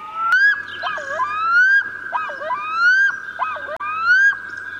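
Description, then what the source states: Black-throated loon giving long, wailing tonal calls that rise and hold steady, broken by dipping, yodel-like notes, repeated several times over a quiet background. Just arrived in spring; occurs on inland lakes, including around Tyresö; a fairly large bird.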